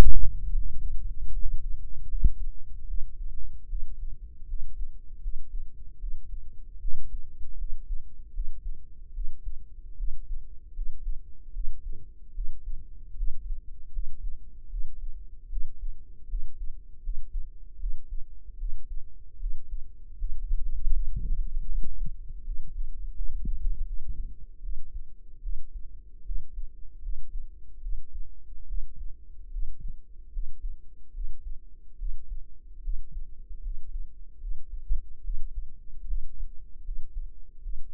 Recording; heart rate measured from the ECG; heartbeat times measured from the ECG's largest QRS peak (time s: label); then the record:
heart sounds by microphone in the right ear; 76 bpm
0.48 s: heartbeat
1.29 s: heartbeat
2.05 s: heartbeat
2.85 s: heartbeat
3.66 s: heartbeat
4.45 s: heartbeat
5.19 s: heartbeat
5.97 s: heartbeat
6.78 s: heartbeat
7.55 s: heartbeat
8.31 s: heartbeat
9.11 s: heartbeat
9.95 s: heartbeat
10.72 s: heartbeat
11.51 s: heartbeat
12.32 s: heartbeat
13.14 s: heartbeat
13.89 s: heartbeat
14.67 s: heartbeat
15.47 s: heartbeat
16.26 s: heartbeat
17.00 s: heartbeat
17.77 s: heartbeat
18.56 s: heartbeat
19.37 s: heartbeat
20.15 s: heartbeat
20.91 s: heartbeat
21.66 s: heartbeat
22.43 s: heartbeat
23.12 s: heartbeat
23.84 s: heartbeat
24.60 s: heartbeat
25.40 s: heartbeat
26.23 s: heartbeat
27.00 s: heartbeat
27.80 s: heartbeat
28.65 s: heartbeat
29.49 s: heartbeat
30.30 s: heartbeat
31.11 s: heartbeat
31.96 s: heartbeat
32.80 s: heartbeat
33.60 s: heartbeat
34.38 s: heartbeat
35.21 s: heartbeat
36.04 s: heartbeat
36.82 s: heartbeat
37.60 s: heartbeat
From the record:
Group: healthy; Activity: rest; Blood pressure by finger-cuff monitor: 102/68 mmHg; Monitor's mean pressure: 80 mmHg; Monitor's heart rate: 76 bpm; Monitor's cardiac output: 6.4 L/min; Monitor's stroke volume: 85 mL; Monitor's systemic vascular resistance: 900 dyn s/cm5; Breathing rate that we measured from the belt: 20 breaths a minute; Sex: female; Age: 22 years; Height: 160 cm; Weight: 45 kg